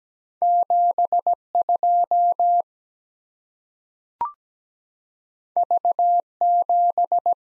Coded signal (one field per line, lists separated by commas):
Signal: Morse code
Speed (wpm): 17 wpm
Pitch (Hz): 700 Hz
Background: none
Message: 72 V7